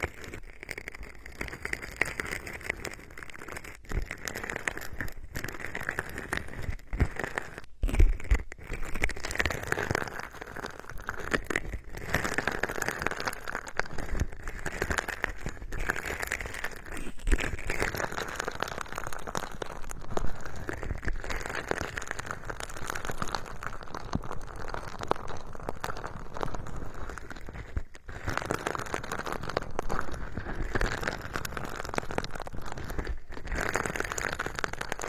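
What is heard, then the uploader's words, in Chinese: Popping candy crackles and fizzes without pause for the whole stretch, a dense, bright crinkling patter with occasional sharper snaps and brief dips. 有没有一种跳跳糖在耳朵里爆炸的感觉？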